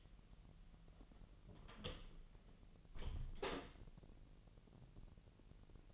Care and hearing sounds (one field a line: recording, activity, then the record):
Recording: daily activity, microphone in the room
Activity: close door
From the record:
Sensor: 4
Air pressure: 1002.1 hPa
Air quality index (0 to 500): 247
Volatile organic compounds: 40 ppm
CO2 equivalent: 3156 ppm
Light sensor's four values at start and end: 9/21/8/7 and 10/22/8/8